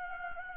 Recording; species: mosquito wingbeat signal from an infrared sensor; Anopheles gambiae